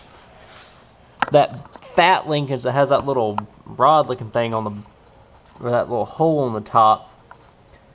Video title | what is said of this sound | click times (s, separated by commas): Battling a Yard Machines 5hp Briggs chipper with rust in the tank. Trying many ways to get it out. | just pops right into that plastic clip there if you can see that | 7.3 s